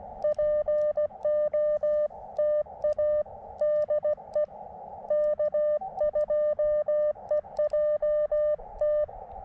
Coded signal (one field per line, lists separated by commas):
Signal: Morse code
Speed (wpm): 16 wpm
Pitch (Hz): 600 Hz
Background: none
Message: POTA DE K2EJT